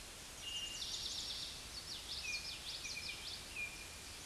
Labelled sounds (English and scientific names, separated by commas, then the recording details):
Common Yellowthroat (Geothlypis trichas) song
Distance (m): 55 m
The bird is about 20 m above the microphone
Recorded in a Pennsylvania forest on 16 May 2024 at 06:39
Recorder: AudioMoth, point MSD-1307
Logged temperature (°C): 16.6 °C
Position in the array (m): 238 m, 173 m